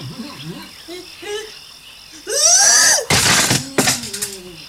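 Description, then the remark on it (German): Squeaky, croaking vocal noises give way to a rising cry, then a loud crashing thud and a second heavy impact as a person falls down from a tree branch onto the ground. “Aua. Nun bin ich runtergefallen.”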